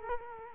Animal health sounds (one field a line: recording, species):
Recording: mosquito wingbeat signal from an infrared sensor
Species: Culex quinquefasciatus